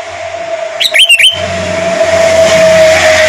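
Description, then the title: Sooty-headed bulbul phrase of three quick slurred whistles, followed by swelling vehicle noise, with a steady tonal whine throughout. "Kutilang"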